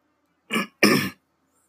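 Two quick, harsh throat-clearing bursts from an adult, a brief one followed by a longer, rougher one with a rattly, grainy texture. This is throat clearing to shift phlegm, against a quiet background.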